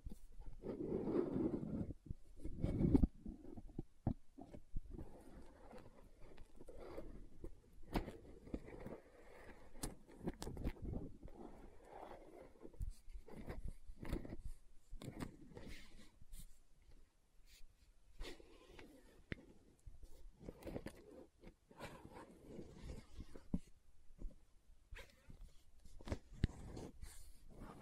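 Lid and bottle sounds, with irregular sharp taps and scratchy rubbing scattered across the clip, louder low thumps early on, then quieter clicks.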